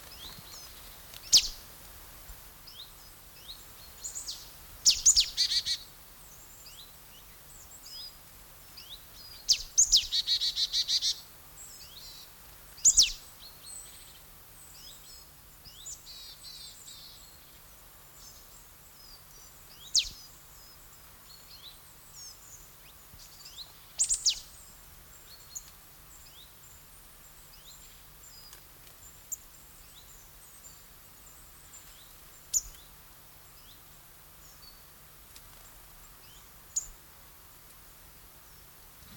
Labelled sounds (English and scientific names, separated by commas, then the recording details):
Great Tit (Parus major)
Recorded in the wild
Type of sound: song, call, call sequence, twittering
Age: adult
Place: Treuchtlingen, Heumöderntal, Bayern, DE
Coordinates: 48.96, 10.91
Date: 1993-09-05 11:10
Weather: 13 °C, wechselhaft
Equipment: Marantz CP 430, Sennheiser MKH 416 T, Kopie Uher Variocord 263
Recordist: Tembrock, Günter
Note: Diverse Lautformen